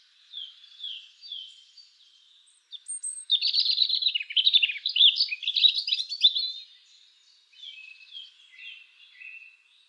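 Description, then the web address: European robin song opens with a few soft, thin notes, then bursts into a fast, warbling tangle of high trills and twitters before fading to quiet notes. "SETE data Erithacus rubecula"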